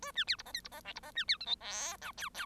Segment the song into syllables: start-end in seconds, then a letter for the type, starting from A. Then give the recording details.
0.02-0.12 A, 0.15-0.24 B, 0.27-0.36 C, 0.38-0.42 D, 0.46-0.52 E, 0.54-0.61 F, 0.64-0.68 D, 0.71-0.81 E, 0.84-0.92 G, 0.95-1.00 D, 1.02-1.11 E, 1.15-1.25 B, 1.27-1.37 C, 1.40-1.46 H, 1.46-1.55 I, 1.60-1.97 J, 2.01-2.12 K, 2.17-2.29 L, 2.34-2.46 L. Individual Bird1